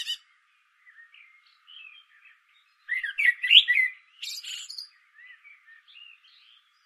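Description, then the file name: Common blackbird giving soft scattered notes, then a louder fluted phrase with high scratchy twitters, followed by quieter trailing warbles. "Turdus merula"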